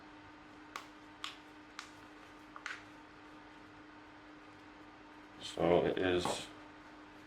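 The plastic clips of a replacement ear pad for Sony WH-1000XM5 headphones are pressed around the rim into the ear cup, giving short, sharp clicks at 0.8, 1.2, 1.8, 2.6 and 2.7 seconds over a faint steady hum. The pad is seated, and afterward someone talks briefly.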